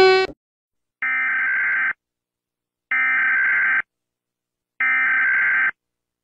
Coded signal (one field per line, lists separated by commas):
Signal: Emergency Alert System (SAME) tones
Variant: header bursts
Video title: Rating eas alarms